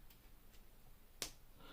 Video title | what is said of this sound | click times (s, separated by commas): How to turn your iPad into a Laptop ! iXTRA Keyboard Case Unboxing and First Impressions. | okay and you heard that click right in there no blockage at all so | 1.2 s